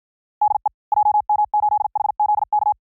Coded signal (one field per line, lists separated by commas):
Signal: Morse code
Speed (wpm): 57 wpm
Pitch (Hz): 840 Hz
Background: none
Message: DE JM8HZK